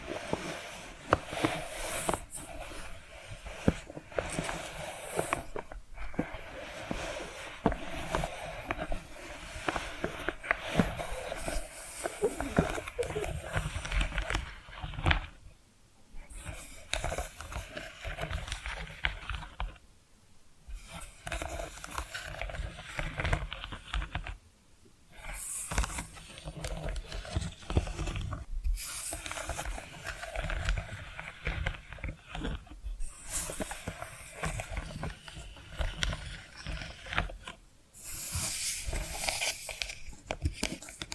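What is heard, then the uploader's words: Tapping and scratching runs almost without pause, dense and uneven, with crisp bright scrapes layered over soft knocks. Brief near-silent breaks fall around 15, 20 and 25 seconds before the busy texture resumes, with bursts of sharper hissing scratches recurring throughout. ASMR 10 Hypnotic Tapping & Scratching Sounds for DEEP SLEEP (No Talking).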